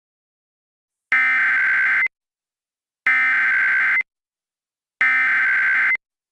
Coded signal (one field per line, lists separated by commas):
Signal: Emergency Alert System (SAME) tones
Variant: header bursts